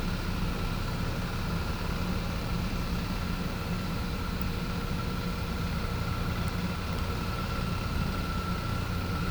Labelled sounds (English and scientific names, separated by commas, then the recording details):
none
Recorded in pastures near Puerto Asís, Putumayo, Colombia, on 21 December 2024 at 12:30
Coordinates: 0.505, -76.324
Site G063